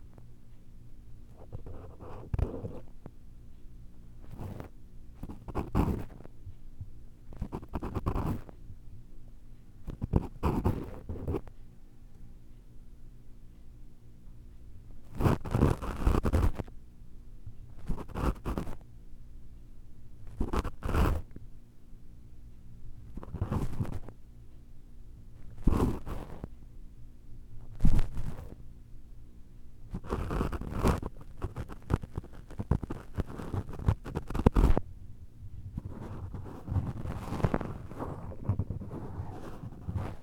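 Ear cleaning with different tools: scraping and rubbing come in short bursts every second or two, each a gritty crackle with a low rumble beneath. A steady low hum holds throughout, and the scratching grows busier and more continuous toward the end.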